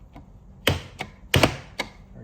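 A side part marked R and L for the charging station of a Mammotion Luba 3 robot mower is pushed into its slot in the mount. A series of sharp clicks and knocks is heard, with the loudest snap at 1.3 s as the part pops into place and seats.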